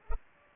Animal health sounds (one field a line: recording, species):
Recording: mosquito wingbeat signal from an infrared sensor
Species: Culex pipiens